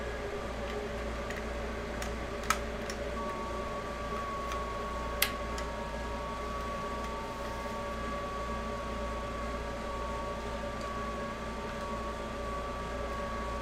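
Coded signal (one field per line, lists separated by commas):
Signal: FT8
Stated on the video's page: Live 6 m FT8 amateur radio stream.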